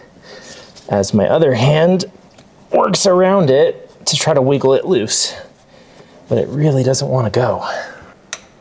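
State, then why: Released. A screwdriver pushes up and out while the other hand wiggles a stuck ignition coil pack in the engine cylinder head. Someone talks throughout, and a sharp click sounds at 8.3 seconds as the coil pack comes loose.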